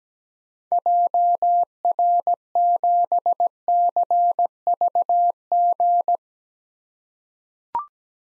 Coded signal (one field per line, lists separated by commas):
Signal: Morse code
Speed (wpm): 17 wpm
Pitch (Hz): 700 Hz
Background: none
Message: JR7CVG